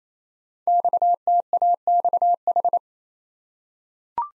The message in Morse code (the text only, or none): XTAXH